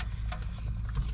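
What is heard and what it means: A black plastic wiring harness plug is pushed into the back of a Dasaita aftermarket car radio for a 2017-2018 Toyota Corolla. It clicks at 0.3 s, with a few more small ticks near 0.9 s and 1.0 s over a steady low hum. The connector is seated and holds when tugged.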